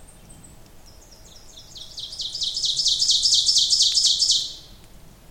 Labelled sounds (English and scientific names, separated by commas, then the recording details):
Ovenbird (Seiurus aurocapilla) song
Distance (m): 10 m
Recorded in boreal forest in Alberta, Canada, on 26 May 2016 at 07:02
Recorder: SongMeter 3, array SBT-3-15
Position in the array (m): 41 m, 279 m
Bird 20